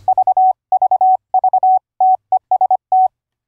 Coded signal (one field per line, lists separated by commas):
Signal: Morse code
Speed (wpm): 25 wpm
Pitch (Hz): 750 Hz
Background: none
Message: VVV TEST